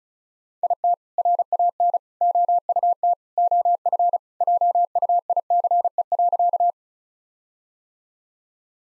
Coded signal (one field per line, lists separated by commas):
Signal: Morse code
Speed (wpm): 34 wpm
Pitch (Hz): 700 Hz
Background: none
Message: IT RAN OUT OF JUICE.